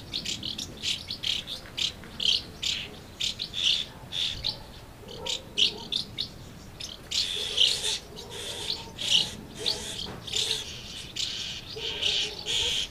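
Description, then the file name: Swallows giving bright, high chirps in quick bursts, a steady chattering twitter that swells toward the second half. Recorded at Amblagnieu on 2 July 2017 with an MZ-N710 recorder. "MZ-N 710 Hirondelles Amblagnieu 2 07 17"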